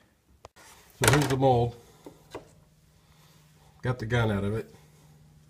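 A handgun is handled with its vacuum-formed plastic holster mold, whose rolled-over plastic edge acts as a small snap lock for pressing the gun back in. Someone talks while a sharp tick sounds at about 0.5 s and light knocks follow near 2.1 and 2.4 s. Nothing has seated or clicked yet.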